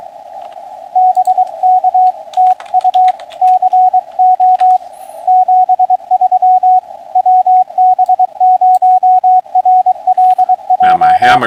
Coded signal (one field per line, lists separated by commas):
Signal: Morse code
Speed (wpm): 23 wpm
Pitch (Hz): 740 Hz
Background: speech, radio noise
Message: BK TU CO 73 WB0RLJ